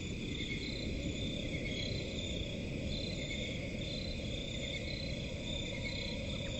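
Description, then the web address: Crickets keeping up a continuous high trilling chorus, with a heavy low rumble throughout. Crickets in a forest at night. "Forest and crickets at night. صدای-آرامبخش-جنگل-و-جیرجیرک"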